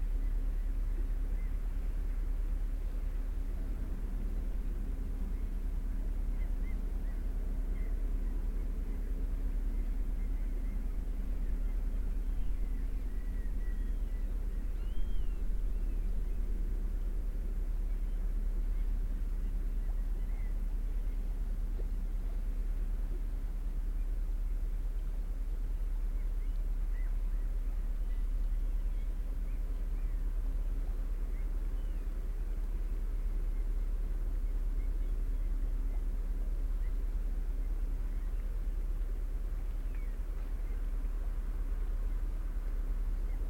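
A large ship passes slowly, its engine a steady, deep rumble with a low hum running through the whole stretch. The loudness barely changes. Faint higher chirps and a small knock near fifteen seconds sit in the background.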